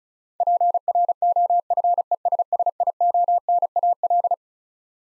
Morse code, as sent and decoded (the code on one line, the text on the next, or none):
.--. .-. --- ..-. . ... ... .. --- -. .- .-..
PROFESSIONAL